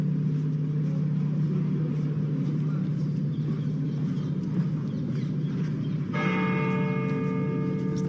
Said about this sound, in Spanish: Es el sonido que nos llega desde Sevilla, de las campanas de la Catedral de Sevilla, que están informando a toda la comunidad católica del fallecimiento de un papa.